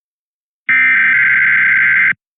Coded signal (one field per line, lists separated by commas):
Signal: Emergency Alert System (SAME) tones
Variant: header bursts